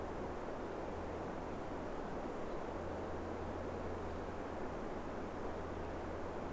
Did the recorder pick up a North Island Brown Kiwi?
no